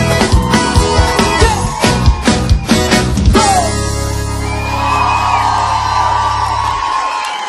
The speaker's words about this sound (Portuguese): E cadê o gritinho das novinhas?